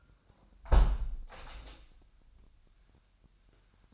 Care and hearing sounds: daily activity, microphone in the room; close window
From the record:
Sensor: 2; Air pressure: 997.8 hPa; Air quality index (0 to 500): 134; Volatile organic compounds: 3 ppm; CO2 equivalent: 1507 ppm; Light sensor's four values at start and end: 11/31/13/12 and 11/32/13/12

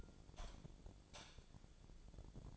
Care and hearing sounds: daily activity, microphone in the room; light off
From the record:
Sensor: 5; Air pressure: 1000.2 hPa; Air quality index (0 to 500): 101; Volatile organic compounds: 1 ppm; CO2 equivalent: 816 ppm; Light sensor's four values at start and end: 184/439/187/206 and 185/440/188/206

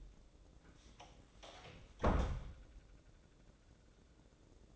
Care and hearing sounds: daily activity, microphone in the room; close door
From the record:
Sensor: 3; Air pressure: 1012.3 hPa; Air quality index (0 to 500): 180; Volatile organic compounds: 3 ppm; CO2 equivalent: 1372 ppm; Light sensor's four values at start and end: 594/1477/611/630 and 594/1479/612/631

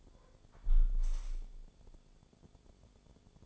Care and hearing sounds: daily activity, microphone in the room; close window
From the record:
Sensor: 5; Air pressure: 1015.0 hPa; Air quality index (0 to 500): 106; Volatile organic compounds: 2 ppm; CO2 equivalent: 1139 ppm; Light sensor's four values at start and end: 35/81/33/31 and 35/81/33/31

